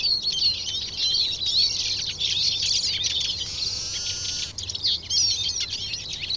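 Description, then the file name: Eurasian siskin twittering, high chirps and whistles, broken midway by a longer drawn-out wheezy note before the chattering resumes. "Eurasian Siskin (Carduelis spinus)"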